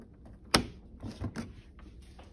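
A plastic elbow fitting is pushed back onto the tube connection of an Avalon A9-2 water cooler and seats with a sharp click at 0.6 s. A few quieter knocks follow around 1.2 to 1.4 s, and someone talks.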